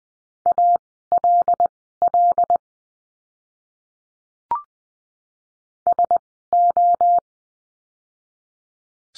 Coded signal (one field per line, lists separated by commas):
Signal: Morse code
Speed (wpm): 20 wpm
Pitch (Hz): 700 Hz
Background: none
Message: ALL SO